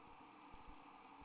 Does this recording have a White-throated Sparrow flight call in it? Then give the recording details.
no. No flight call is heard. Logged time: 23:57 on 29 November 2014